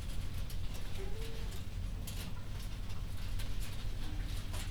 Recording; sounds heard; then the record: poultry house recording; healthy chickens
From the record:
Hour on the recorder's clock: 1